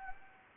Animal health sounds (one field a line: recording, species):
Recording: mosquito wingbeat signal from an infrared sensor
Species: Anopheles gambiae